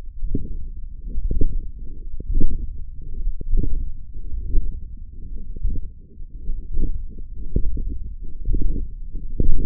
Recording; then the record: forearm muscle sounds (acoustic myography)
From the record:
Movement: radial deviation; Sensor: system 1, eight BSWA MPA416 microphones around the upper forearm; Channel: 5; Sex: male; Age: 21 years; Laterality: right